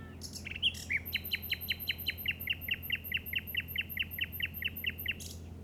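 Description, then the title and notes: Common nightingale song: a brief varied opening, then a fast, rhythmic run of sharp repeated notes, over a low steady hum. Recorded in the Llobregat Delta at 06:00 on 8 May 2015 with a Zoom recorder. "Grabación de ruiseñor común (Luscinia megarhynchos) en el Delta del Llobregat a las 06:00 del 08/05/2015."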